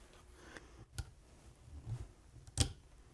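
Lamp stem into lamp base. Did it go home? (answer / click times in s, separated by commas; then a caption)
yes / 1.0 s. A plastic stem for a Cricut Bright 360 table lamp is pushed firmly onto its base by hand, with no tools. A sharp click at 1.0 s marks the stem seating securely in the base. A few softer handling knocks follow, and a louder thud comes near 2.6 s.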